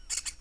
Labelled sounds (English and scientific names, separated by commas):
Brown-throated Parakeet (Eupsittula pertinax) contact call